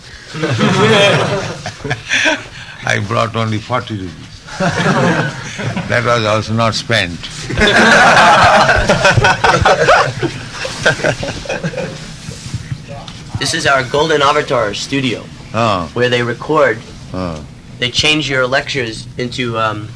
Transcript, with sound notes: I brought only forty rupees. [laughs] That was also not spent. [laughter]
This is our Golden Avatar studio where they record... They change your lectures into